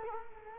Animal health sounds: mosquito wingbeat signal from an infrared sensor; Culex quinquefasciatus

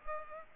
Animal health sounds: mosquito wingbeat signal from an infrared sensor; Culex pipiens

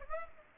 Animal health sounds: mosquito wingbeat signal from an infrared sensor; Aedes aegypti

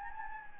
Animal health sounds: mosquito wingbeat signal from an infrared sensor; Anopheles gambiae

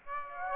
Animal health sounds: mosquito wingbeat signal from an infrared sensor; Aedes aegypti

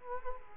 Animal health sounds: mosquito wingbeat signal from an infrared sensor; Culex quinquefasciatus

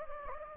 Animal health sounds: mosquito wingbeat signal from an infrared sensor; Anopheles gambiae

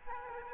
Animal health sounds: mosquito wingbeat signal from an infrared sensor; Aedes aegypti

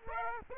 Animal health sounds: mosquito wingbeat signal from an infrared sensor; Aedes aegypti

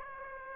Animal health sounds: mosquito wingbeat signal from an infrared sensor; Aedes aegypti

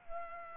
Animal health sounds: mosquito wingbeat signal from an infrared sensor; Culex pipiens

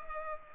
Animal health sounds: mosquito wingbeat signal from an infrared sensor; Culex pipiens

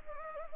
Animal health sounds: mosquito wingbeat signal from an infrared sensor; Anopheles arabiensis

